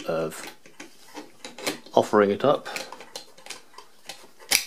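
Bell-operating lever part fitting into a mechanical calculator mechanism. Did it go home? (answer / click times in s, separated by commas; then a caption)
yes / 4.6 s. During restoration of an Addo Multo Model 3 mechanical calculator, the metal part that sits on top of the lever operating the bell is offered up and pushed into place while someone talks, with small ticks and taps along the way. At 4.6 s the metal parts give a short, sharp click as the part seats in place.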